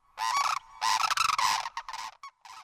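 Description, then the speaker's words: Sandhill crane calling: harsh, rolling, trumpet-like calls in two long bursts, followed by shorter notes. Sandhill cranes visit Homer every spring to mate and nest; looks and sounds like a modern-day dinosaur. "A sandhill crane looks and sounds like a modern-day dinosaur."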